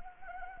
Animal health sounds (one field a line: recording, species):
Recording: mosquito wingbeat signal from an infrared sensor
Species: Anopheles gambiae